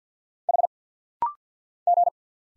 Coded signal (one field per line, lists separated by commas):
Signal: Morse code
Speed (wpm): 50 wpm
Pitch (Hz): 700 Hz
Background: none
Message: H G